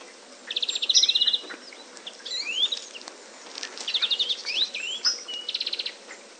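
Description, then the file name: European greenfinch giving rapid buzzy trills in bursts, broken by sweeping upslurred chirps, with brief pauses between phrases. "Chloris chloris"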